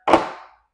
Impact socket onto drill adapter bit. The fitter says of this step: it also has a locking spring nut like like this so it snaps in place and it's like